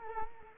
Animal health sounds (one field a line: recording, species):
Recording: mosquito wingbeat signal from an infrared sensor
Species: Culex quinquefasciatus